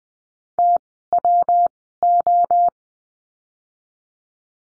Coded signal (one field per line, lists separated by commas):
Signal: Morse code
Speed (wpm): 20 wpm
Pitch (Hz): 700 Hz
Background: none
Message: TWO